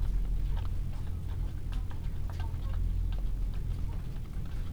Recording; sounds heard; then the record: poultry house recording; healthy chickens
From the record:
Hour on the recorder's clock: 15